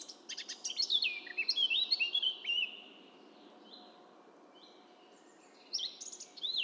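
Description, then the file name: Eurasian blackcap song: a rapid scratchy warble of high notes, then fluting whistled phrases, a pause of about three seconds, and a further warbled burst near the end. "Sylvia atricapilla"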